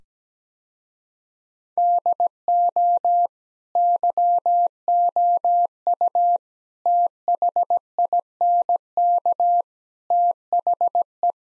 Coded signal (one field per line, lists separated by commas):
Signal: Morse code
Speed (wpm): 17 wpm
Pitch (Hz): 700 Hz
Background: none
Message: DO YOU THINK THE